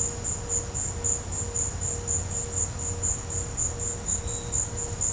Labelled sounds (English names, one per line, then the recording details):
none
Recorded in pastures near Puerto Asís, Putumayo, Colombia, on 20 December 2024 at 17:00
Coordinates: 0.502, -76.324
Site G077